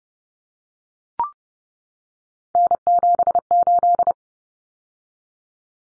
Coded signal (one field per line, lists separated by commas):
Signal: Morse code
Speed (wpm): 30 wpm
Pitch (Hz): 700 Hz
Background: none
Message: N78